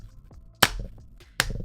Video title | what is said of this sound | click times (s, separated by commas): Dbrand Grip Case For Pixel 7 and Pixel 7 Pro | you hear that snap. Very nice snug fit. | 0.6 s, 1.4 s